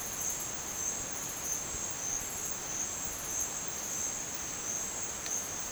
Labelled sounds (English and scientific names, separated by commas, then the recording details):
none
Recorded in dense forest near Puerto Asís, Putumayo, Colombia, on 29 June 2025 at 14:30
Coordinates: 0.484, -76.317
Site G045